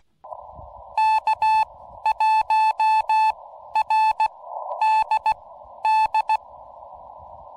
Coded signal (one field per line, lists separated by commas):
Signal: Morse code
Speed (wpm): 16 wpm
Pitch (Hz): 870 Hz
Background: none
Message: K1RDD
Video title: POTA @ Mesa Verde National Park - Cliff Dwellings, Rattlers and QSOs